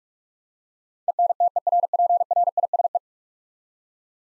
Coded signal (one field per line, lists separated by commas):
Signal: Morse code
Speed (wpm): 42 wpm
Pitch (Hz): 700 Hz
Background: none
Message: ENTERPRISE